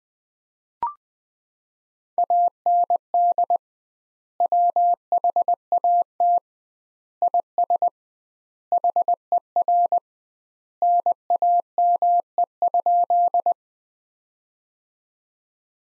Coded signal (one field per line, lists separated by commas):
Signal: Morse code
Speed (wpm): 20 wpm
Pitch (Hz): 700 Hz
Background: none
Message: AND WHAT IS HER NAME?